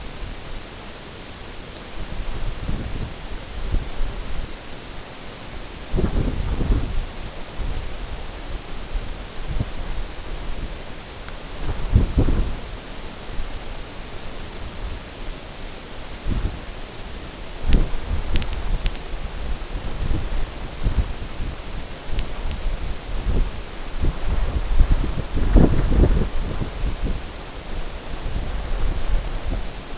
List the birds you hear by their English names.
none